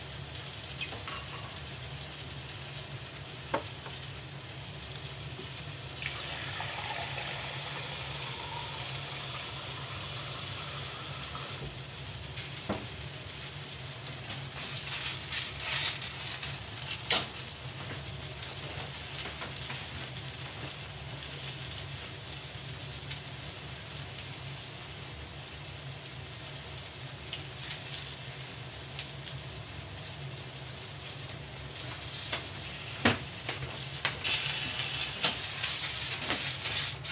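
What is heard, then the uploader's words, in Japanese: A pot of food simmers with a steady low rumble and a constant soft bubbling hiss. Brighter scraping bursts come around the 15–18 second mark and again near the end, and a few sharp clicks or taps land at scattered moments. 煮物と包丁研ぎ。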